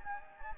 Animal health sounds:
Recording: mosquito wingbeat signal from an infrared sensor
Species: Anopheles gambiae

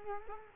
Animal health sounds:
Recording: mosquito wingbeat signal from an infrared sensor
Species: Culex quinquefasciatus

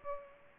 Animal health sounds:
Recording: mosquito wingbeat signal from an infrared sensor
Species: Aedes aegypti

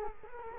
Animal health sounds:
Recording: mosquito wingbeat signal from an infrared sensor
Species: Culex quinquefasciatus

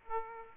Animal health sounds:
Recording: mosquito wingbeat signal from an infrared sensor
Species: Aedes aegypti

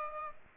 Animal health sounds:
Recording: mosquito wingbeat signal from an infrared sensor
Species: Aedes aegypti

